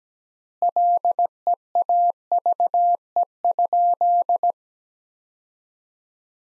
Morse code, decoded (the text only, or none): LEAVE?